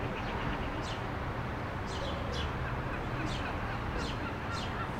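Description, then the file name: Bird chirps, short high downward-sweeping notes at irregular intervals, over a steady low rumble of traffic. Calm city square with distant traffic, Marseille, France. "city square calm distant traffic birds Marseille France MSwa"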